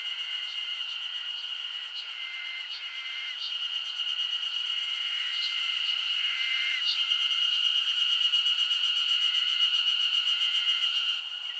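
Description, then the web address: Insect chorus humming continuously at a high pitch, overlaid by repeated brief lower whistled notes and scattered soft ticks; the whole mass swells gradually louder. Summer insect ambience recorded in Japan. "Sound Effects-Foundation 1 AMBIENCE JAPANESE SUMMER INSECTS 01"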